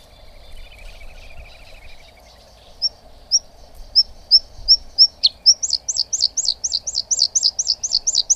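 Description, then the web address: Bluethroat song: a few spaced high notes, then a fast series of repeated looping twanging phrases; a faint low hum runs underneath throughout. "agykontroll Madardalok Cd 3. Kékbegy"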